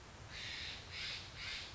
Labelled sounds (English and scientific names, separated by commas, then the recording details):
Steller's Jay (Cyanocitta stelleri)
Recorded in Sonoma County, California